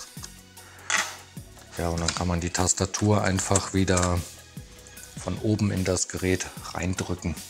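On a Medion Erazer Defender P10 (MSN 30029999) laptop, the flip-lock latch of the keyboard ribbon-cable connector is closed onto the mainboard, giving a short small click at 0.2 s. Someone then talks, and the ribbon connector latch is seated closed.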